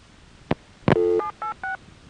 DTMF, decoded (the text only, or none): 786